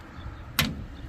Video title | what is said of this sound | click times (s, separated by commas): Temu Multitool Test and Review!!! | use it stupidly so that lock gave | 0.6 s